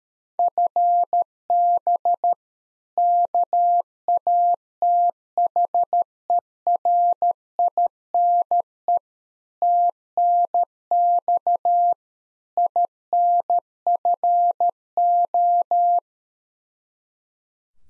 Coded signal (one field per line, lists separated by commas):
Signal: Morse code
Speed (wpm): 13 wpm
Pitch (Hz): 700 Hz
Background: none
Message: FB KATHERINE TNX INFO